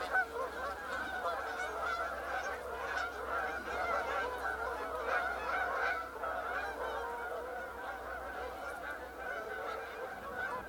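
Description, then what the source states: Canada goose: canada geese giving a steady stream of overlapping honks, a flock calling together with a low hum underneath. Flock flying overhead.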